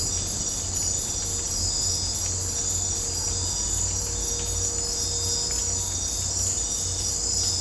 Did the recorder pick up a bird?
no